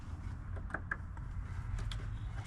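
A vacuum hose line is routed and clipped into its retaining clip or check valve fitting on a 2018 Ford F-150 Platinum 4x4, part of a repair replacing the check valve and solenoid to fix a grinding noise. Over a steady low rumble, a few small ticks are heard, with the sharpest snap at 0.9 s. The line seats in place at 0.9 s.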